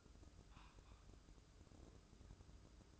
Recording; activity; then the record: daily activity, microphone in the room; take from stove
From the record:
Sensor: 2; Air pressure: 995.3 hPa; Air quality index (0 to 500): 77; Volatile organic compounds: 3 ppm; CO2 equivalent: 1368 ppm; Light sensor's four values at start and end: 22/72/28/27 and 22/72/28/27